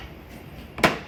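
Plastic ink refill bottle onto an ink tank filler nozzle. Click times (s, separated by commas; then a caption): 0.8 s. A yellow plastic ink refill bottle is turned clockwise onto the ink tank filler nozzle of an HP Smart Tank 525 printer and pressed down. A short tap at 0.8 s is followed by a sharper, louder click at 0.8 s as the bottle seats on the nozzle, signalling that ink will flow. There is no talking during the clip.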